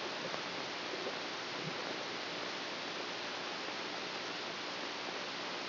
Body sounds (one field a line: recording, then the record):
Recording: brain microelectrode recording played as sound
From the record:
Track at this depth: inside the subthalamic nucleus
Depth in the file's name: 0.04 mm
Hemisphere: right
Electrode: 2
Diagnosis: Parkinson's disease